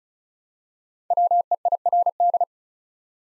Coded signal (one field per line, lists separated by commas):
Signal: Morse code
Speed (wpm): 36 wpm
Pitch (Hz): 700 Hz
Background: none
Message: WEIRD